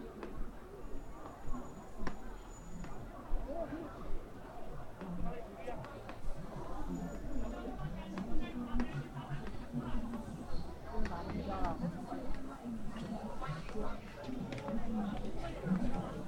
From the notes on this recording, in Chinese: 重庆洪崖洞